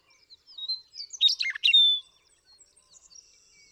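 Western meadowlark song: soft introductory notes build into a dense, rich burst of gurgling warbles ending in a clear drawn-out whistle, followed by faint high notes.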